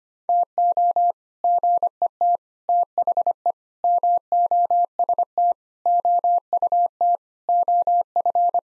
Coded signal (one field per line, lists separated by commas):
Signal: Morse code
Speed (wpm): 25 wpm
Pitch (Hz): 700 Hz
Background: none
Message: TO GET THE MOST OUT OF